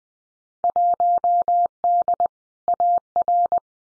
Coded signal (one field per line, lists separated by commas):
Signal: Morse code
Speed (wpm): 20 wpm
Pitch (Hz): 700 Hz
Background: none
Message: 1D AR